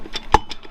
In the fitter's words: slide it in like that. You kind of hear it clunk into place.